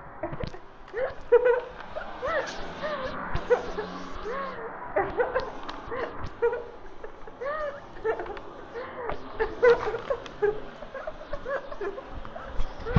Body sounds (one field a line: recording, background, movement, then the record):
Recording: laughter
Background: traffic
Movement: walking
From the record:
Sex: female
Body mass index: 18.8 kg/m2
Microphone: on the chest, facing the body